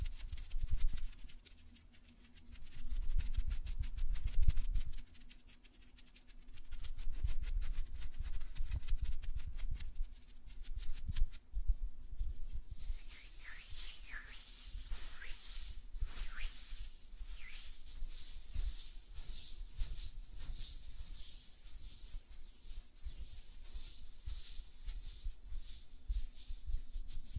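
Fingernails tap in quick, dense clicks for the first twelve seconds, with soft low thumps underneath. Then the hands switch to a bright, rapid fluttering and rubbing that swishes on steadily to the end. A faint steady hum runs throughout.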